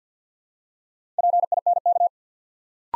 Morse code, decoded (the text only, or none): PINK